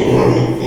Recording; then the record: squeal of a Yucatan mini pig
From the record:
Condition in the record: before surgery on the right vocal fold (resection and tissue-engineered implant); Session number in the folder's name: 2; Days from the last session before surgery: 0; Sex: male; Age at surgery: 12 weeks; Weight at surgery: 13 kg